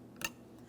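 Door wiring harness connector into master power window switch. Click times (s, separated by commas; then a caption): 0.2 s. The door wiring harness connector is pressed onto a new master power window switch for a 2003-2008 Toyota Matrix, with its locking tab lined up. A faint tick at 0.2 s is followed by a single sharp click at 0.3 s as the connector latches, then a low steady background. The connector is seated, and a light tug confirms it is secured.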